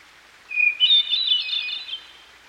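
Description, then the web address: Hermit thrush singing one phrase: a clear sustained whistle followed by a shimmering, echoing cascade of flute-like notes, with a constant hiss of running water beneath. By a stream. "Dan Gibson Songbirds By The Stream. Hermit Thrush"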